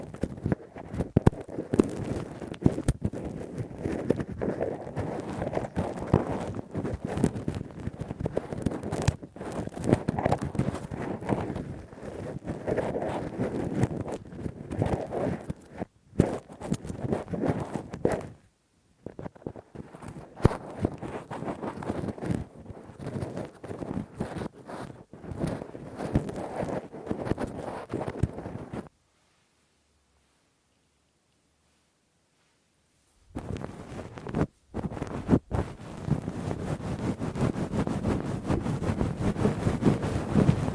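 Rough, deep ear cleaning with a Q-tip and ear pick makes dense, scratchy rubbing that crackles without pause, full in the low end. Brief gaps break it near 16 and 18 seconds, and near-silence lasts from about 29 to 33 seconds before the scraping resumes.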